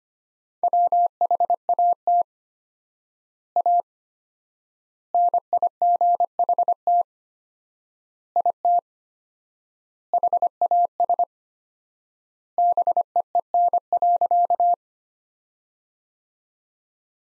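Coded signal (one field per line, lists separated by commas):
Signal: Morse code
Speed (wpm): 25 wpm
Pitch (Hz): 700 Hz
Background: none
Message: WHAT A NIGHT IT HAS BEEN.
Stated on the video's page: Practice sentences from top 300 words at 25 wpm with 4x standard word spacing, a word-level Farnsworth-like method.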